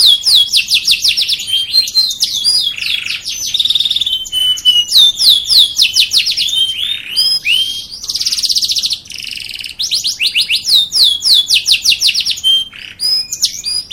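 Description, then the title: Domestic canary song, rapid high rolling trills and sweeping whistled notes, switching between phrases at a fast pace with short breaks. "Kicauan Kenari BULLDOZER"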